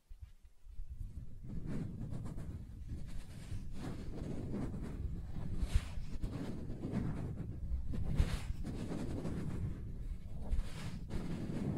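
Soft tracing across smooth and rough surfaces makes a steady, low rubbing hiss that starts after a brief silence and runs throughout. Brighter scratchy swells rise now and then, most clearly near six and eight seconds, as the texture roughens.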